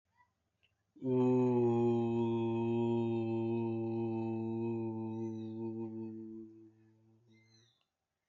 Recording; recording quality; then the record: sustained vowel as in boot; excellent, no background noise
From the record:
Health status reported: healthy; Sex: male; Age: 32 years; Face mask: not worn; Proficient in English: yes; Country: India